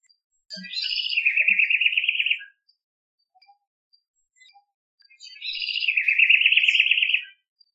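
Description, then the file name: House wren calls: two dry, buzzy chattering rattles, each about two seconds long and a few seconds apart, each starting slightly higher before settling lower. "Troglodytes aedon"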